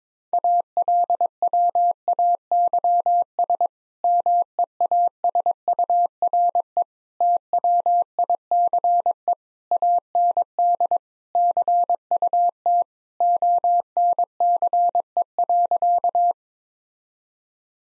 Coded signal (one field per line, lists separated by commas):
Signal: Morse code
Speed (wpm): 22 wpm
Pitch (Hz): 700 Hz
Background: none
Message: ALWAYS MEASURE TWICE AND CUT ONCE.